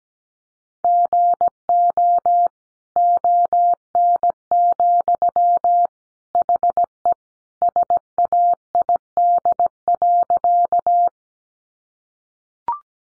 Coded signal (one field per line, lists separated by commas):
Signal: Morse code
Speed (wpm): 17 wpm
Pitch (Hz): 700 Hz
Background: none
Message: GO ON, HE SAID.